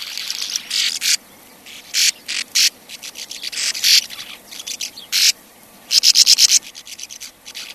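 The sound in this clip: Sand martin calls, scattered harsh buzzy notes, then a fast run of rasps near six seconds.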